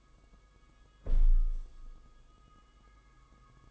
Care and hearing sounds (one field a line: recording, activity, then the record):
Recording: daily activity, microphone in the room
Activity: close window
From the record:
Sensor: 5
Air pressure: 990.5 hPa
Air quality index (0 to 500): 164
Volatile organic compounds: 302 ppm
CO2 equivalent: 4485 ppm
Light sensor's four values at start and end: 17/39/16/17 and 16/39/16/17